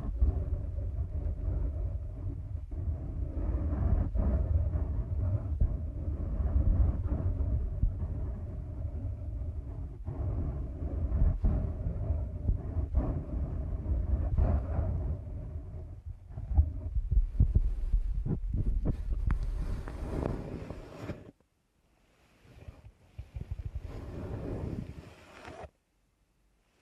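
Ear canal massage sounds: a thick, steady low rumble with soft crackles and scratchy ticks running through it. After about seventeen seconds the rubbing turns brighter and rougher, then drops almost to silence near twenty-one seconds before a short final burst.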